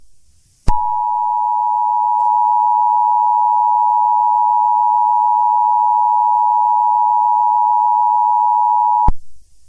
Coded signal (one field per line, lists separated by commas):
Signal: Emergency Alert System (SAME) tones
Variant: 853 and 960 Hz attention tone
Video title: E.A.S.🔴EMERGENCY BROADCAST ALERT ! Oct 4th Everyone Received This Notification / LIVE Going Over EAS